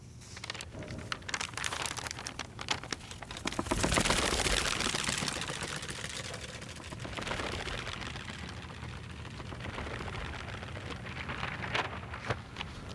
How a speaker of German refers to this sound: Das Umblättern der Seiten, das Falten, das Glattstreichen, das ungeduldige Schütteln oder Schlagen, wenn ein Blatt nicht gleich gehorcht. Es hört sich an wie das Rascheln der Zeit.